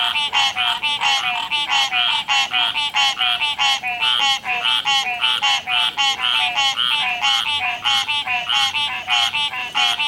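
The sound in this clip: Frogs giving a continuous chorus of short nasal croaks.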